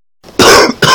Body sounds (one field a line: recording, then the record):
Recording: coughing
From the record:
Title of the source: Coughing 60